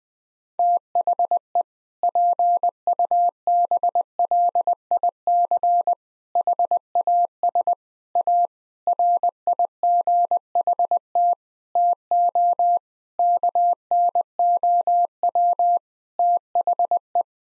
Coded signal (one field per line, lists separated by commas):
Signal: Morse code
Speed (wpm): 20 wpm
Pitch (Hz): 700 Hz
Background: none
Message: THE PUBLIC HAS A RIGHT TO KNOW THE